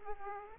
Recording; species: mosquito wingbeat signal from an infrared sensor; Aedes aegypti